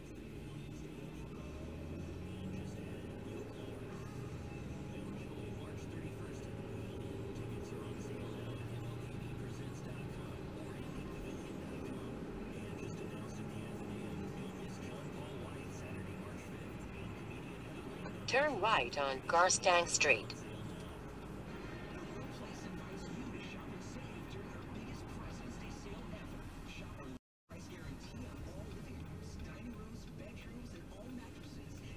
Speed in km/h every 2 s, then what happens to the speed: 16, 26, 34, 40, 47, 52, 56, 58, 58, 56, 53, 47, 37, 24, 21, 21.
0-14 speeds up to 58. 14-32 slows to 21.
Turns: 26-28.